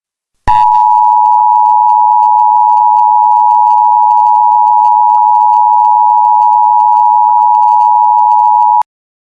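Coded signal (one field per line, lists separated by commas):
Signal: Emergency Alert System (SAME) tones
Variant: 853 and 960 Hz attention tone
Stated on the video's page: Fictional alternate-world scenario made with EAS Maker.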